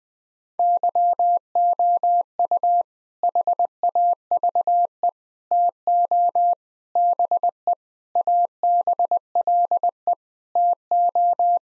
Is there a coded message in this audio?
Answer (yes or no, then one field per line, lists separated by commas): yes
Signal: Morse code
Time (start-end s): 0.6-11.6 s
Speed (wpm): 20 wpm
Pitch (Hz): 700 Hz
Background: none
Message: YOU HAVE TO BE ABLE TO